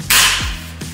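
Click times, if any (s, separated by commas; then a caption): 0.1 s. A metal furring channel is brought up from below into a pivoting hanger clip of a suspended ceiling and rotated into place. It snaps in with a sharp metallic click at 0.1 s, followed by a lighter knock at 0.8 s, and the channel is seated and fully held.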